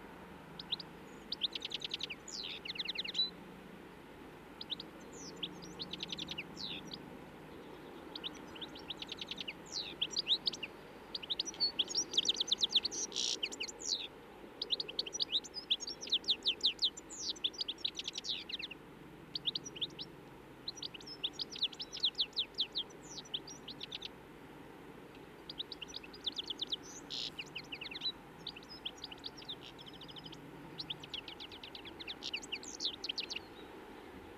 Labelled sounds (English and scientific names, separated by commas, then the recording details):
European Goldfinch (Carduelis carduelis) song
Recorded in the wild
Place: Oberstdorf, Bayern, DE
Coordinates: 47.4378, 10.3039
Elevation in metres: 1055
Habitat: mountains
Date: 1976-04-05
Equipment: Nagra IV, Sennheiser MKH 405, Parabolreflektor
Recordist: Tretzel, Erwin
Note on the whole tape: Weg zur Gaisalpe, Oberstdorf: Lockruf und Gesang mit möglicher Imitation von Grünfink